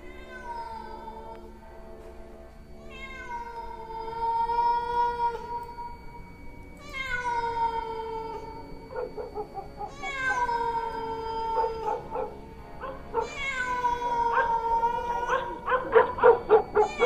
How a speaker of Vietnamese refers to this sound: Thỉnh thoảng lẫn trong đó có tiếng con mèo hoang đâu đó bên mạn cây ổi, nó cứ kêu ngoao ngoao nghe đến giận cả người.